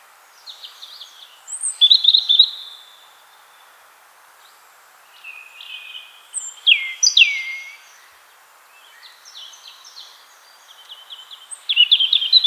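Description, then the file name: European robin singing varied high phrases of whistles and trills, each phrase followed by a short pause. "Erithacus rubecula"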